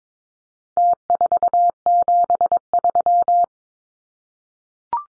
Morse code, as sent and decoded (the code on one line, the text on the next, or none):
- ....- --... ...--
T473